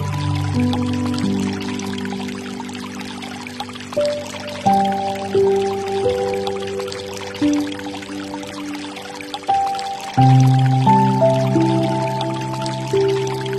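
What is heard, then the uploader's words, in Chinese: Water flows and pours steadily, a dense hiss filling the upper range throughout. Over it sit sustained low and mid tones that shift to new pitches around five and ten seconds, with soft swells in loudness recurring every second or so. 水流声。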